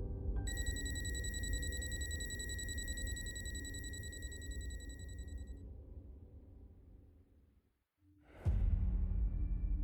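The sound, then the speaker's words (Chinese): A steady, high electronic meteor warning alarm tone rings over a deep rumbling drone for about five seconds, then stops; the rumble fades, a sharp burst hits, and the loud drone returns. The alarm's screen suddenly shows two green dots. “然而，许久没有动静的陨石警报器画面上，此时突然出现了两个绿点。”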